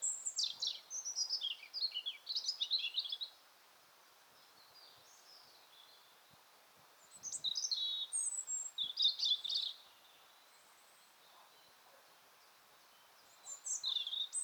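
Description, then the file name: European robin singing three separate high, tinkling phrases of rapid warbles and whistles, with long quiet pauses between them. "Erithacus rubecula"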